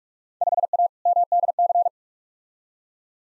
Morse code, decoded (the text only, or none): 5A MDC